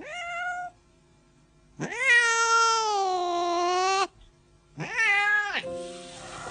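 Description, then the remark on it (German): A cat meows three times: a short cry, then a long, drawn-out wail, then a rising meow that trails off. The calls are loud and clear, with no talking. “Marlowe wollte wohl auch die ganze Zeit auf sowas raus. Mit seinem Katzeninstinkt hat er schnell begriffen”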